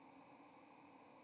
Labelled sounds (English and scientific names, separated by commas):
White-throated Sparrow (Zonotrichia albicollis) flight call